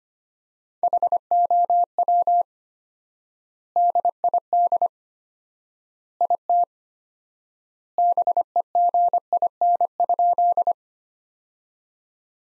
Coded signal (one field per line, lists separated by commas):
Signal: Morse code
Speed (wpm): 25 wpm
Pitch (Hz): 700 Hz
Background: none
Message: HOW DID IT BEGIN?